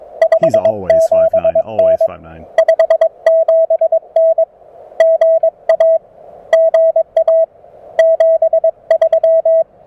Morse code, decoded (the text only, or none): 57N 57N GA GA 73